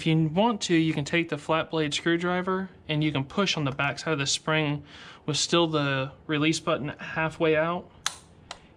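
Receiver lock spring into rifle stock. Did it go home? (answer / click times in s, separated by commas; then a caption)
yes / 8.1 s. Someone talks while installing an aftermarket aluminum Gearhead AUG receiver QD lock in a polymer rifle stock, pushing the back side of the lock spring over with a flat-blade screwdriver while the release button is still halfway out. A sharp click at 8.1 s marks the spring jumping into place, seating the receiver lock spring, followed by a fainter tick at 8.5 s.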